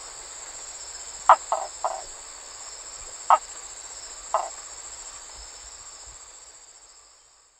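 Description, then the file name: Map tree frog: a handful of short sharp knocks, one quick cluster then two single notes, over a persistent high insect drone. "Hyla geographica"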